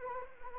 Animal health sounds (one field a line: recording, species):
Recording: mosquito wingbeat signal from an infrared sensor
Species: Anopheles arabiensis